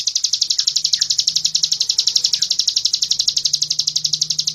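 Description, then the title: Bird giving a continuous high pulsed trill of quick, even buzzy pulses, steady throughout, with a faint low hum underneath. Masteran recording, meaning a training recording used to tutor songbirds. "Suara masteran Burung"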